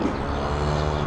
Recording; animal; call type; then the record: contact call of a hoofed animal; cattle; low-frequency (closed-mouth) or high-frequency (open-mouth) call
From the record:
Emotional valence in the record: negative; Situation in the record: full separation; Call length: 1.07 s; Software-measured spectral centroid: 1570 Hz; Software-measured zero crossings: 1490 a second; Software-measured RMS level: -24 dBFS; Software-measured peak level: -9 dBFS